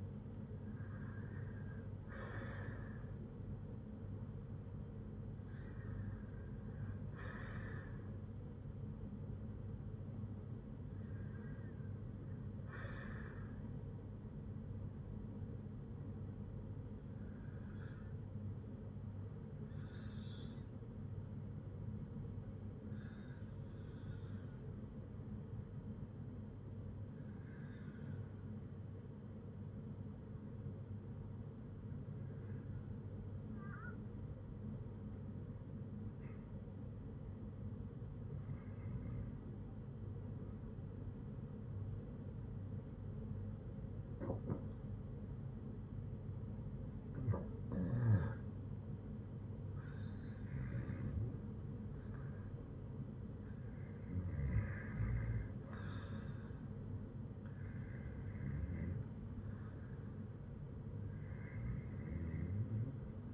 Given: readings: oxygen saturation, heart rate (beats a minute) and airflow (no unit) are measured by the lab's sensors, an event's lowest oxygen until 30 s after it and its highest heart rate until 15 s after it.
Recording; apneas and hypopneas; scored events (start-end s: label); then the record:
breathing in sleep by a smartphone at the bedside; 1
19.00-50.40 s: hypopnea (N1, oxygen 97% highest, then 87% lowest, heart rate 60 at the start, 68 highest)
39.00-63.34 s: new sleep stage, REM sleep
From the record:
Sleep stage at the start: N1 (lightest sleep); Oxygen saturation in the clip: 88 to 97%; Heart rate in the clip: 57 to 68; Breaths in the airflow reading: 14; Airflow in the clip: -7.0 to 5.4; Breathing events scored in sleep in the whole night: 182 in 7.4 hours asleep